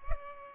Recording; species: mosquito wingbeat signal from an infrared sensor; Culex pipiens